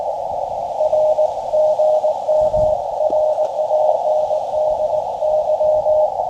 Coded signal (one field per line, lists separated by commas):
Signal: Morse code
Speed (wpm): 19 wpm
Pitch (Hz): 620 Hz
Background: radio noise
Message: R GM RANDY